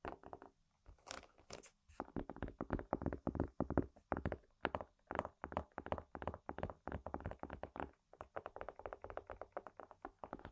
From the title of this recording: ASMR Tapping & Scratching On Random Objects